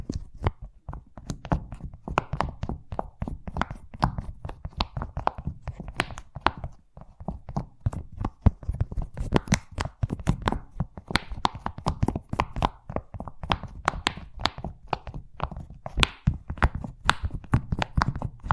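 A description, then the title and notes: Fast, dense tapping runs steadily for the whole clip, each quick tap a short bright click over a low thudding body, with no pauses. ASMR Braingasm Inducing Fast Tapping (No Talking).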